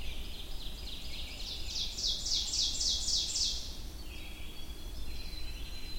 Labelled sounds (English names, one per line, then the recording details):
Ovenbird song
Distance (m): 35 m
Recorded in boreal forest in Alberta, Canada, on 22 June 2016 at 05:30
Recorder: SongMeter 3, array SBT-6-76
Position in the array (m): 148 m, 110 m
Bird 3